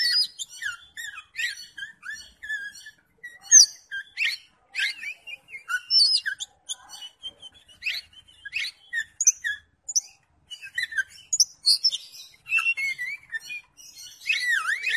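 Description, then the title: Oriental magpie-robin song of quick, varied high notes: sharp chips, slurred whistles and twittering runs, delivered almost continuously with short breaks. "Kacer"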